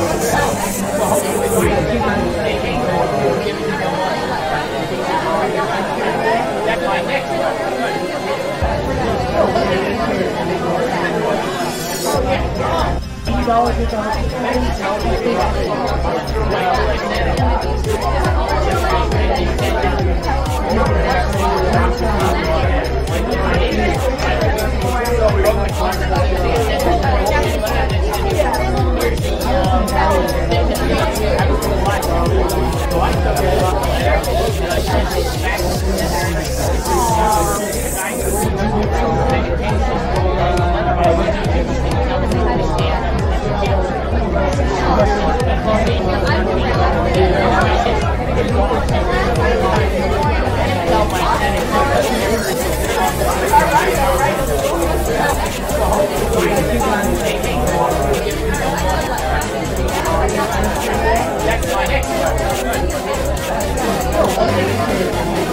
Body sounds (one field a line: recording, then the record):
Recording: background sound without coughing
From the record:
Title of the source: Nightlife Party Simulating Party Club Noise 1 Hour